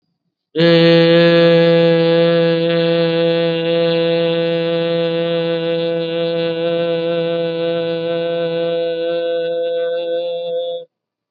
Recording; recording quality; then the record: sustained vowel as in made; excellent, no background noise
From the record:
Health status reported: COVID-19 positive, mild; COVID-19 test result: positive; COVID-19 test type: RT-PCR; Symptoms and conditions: cough, cold, fever, fatigue, muscle pain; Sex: male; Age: 48 years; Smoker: no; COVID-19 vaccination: both doses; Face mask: worn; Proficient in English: yes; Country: India